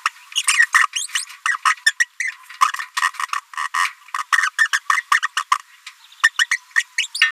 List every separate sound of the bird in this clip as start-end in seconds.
0.06-0.09, 0.35-0.42, 0.74-0.86, 0.95-1.07, 1.45-1.56, 1.65-1.75, 1.86-1.92, 2.00-2.05, 2.20-2.32, 2.79-2.81, 3.33-3.35, 3.74-3.89, 4.18-4.23, 4.38-4.50, 4.58-4.68, 4.73-4.79, 4.89-5.02, 5.12-5.20, 5.22-5.27, 5.37-5.40, 5.51-5.55, 6.23-6.29, 6.39-6.46, 6.51-6.58, 6.76-6.83, 6.98-7.07, 7.14-7.21